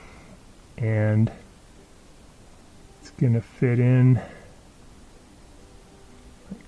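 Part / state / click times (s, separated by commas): replacement sensor part into dishwasher mount / not seated / none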